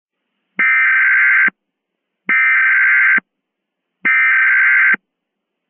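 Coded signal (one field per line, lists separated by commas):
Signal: Emergency Alert System (SAME) tones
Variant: header bursts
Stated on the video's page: Mock EAS alert for Halloween, though the tones are valid.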